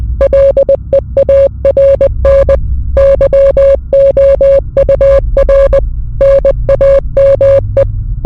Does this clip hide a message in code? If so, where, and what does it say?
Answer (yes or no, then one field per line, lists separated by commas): yes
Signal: Morse code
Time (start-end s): 0.2-7.8 s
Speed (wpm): 20 wpm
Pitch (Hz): 550 Hz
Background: none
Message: LEARN YOUR NAME